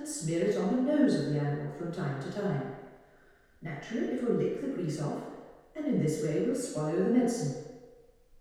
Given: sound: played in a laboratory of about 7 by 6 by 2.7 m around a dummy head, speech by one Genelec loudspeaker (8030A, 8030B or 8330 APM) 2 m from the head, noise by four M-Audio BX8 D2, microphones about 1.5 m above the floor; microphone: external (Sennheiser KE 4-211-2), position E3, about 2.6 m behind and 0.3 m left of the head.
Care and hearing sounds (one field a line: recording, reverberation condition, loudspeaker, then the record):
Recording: female speech in English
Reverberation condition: high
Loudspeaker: 60 degrees to the left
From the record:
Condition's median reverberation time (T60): about 1300 ms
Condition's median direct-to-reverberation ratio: about -4.0 dB